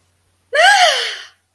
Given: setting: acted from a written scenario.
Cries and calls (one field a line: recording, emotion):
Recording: vocal sound without words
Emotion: elation